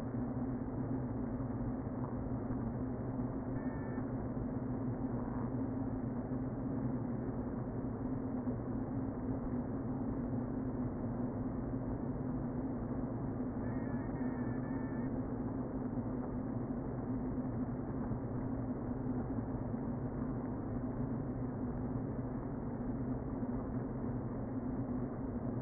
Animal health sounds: honeybee colony, microphone inside the hive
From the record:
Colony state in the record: queen present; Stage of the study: before two queens were removed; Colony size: about 60,000 bees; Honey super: yes

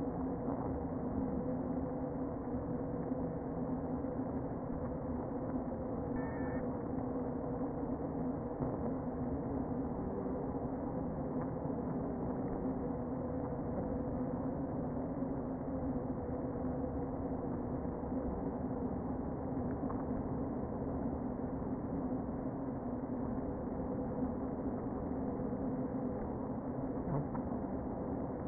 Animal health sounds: honeybee colony, microphone inside the hive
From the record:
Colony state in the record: queen present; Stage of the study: before two queens were removed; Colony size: about 60,000 bees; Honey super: yes

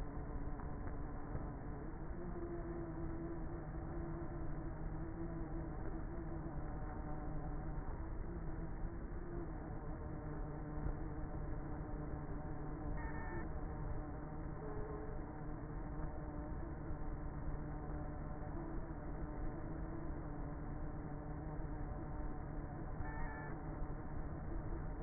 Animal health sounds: honeybee colony, microphone inside the hive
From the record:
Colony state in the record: queenless with a low population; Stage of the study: before two queens were removed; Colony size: about 30,000 bees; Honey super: no

